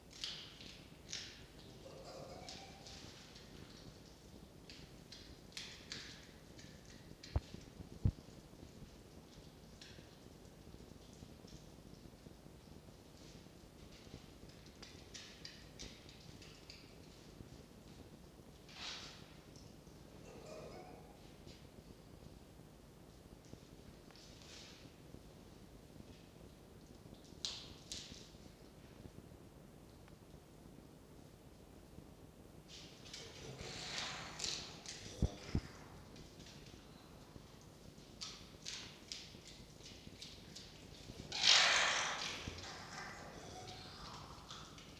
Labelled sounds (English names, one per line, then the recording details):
Red Fox
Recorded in captivity
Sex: pair
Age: adult
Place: Zoologisches Institut der HUB, Berlin, DE
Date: 1953-02-09 19:10
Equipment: Elmetra
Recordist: Tembrock, Günter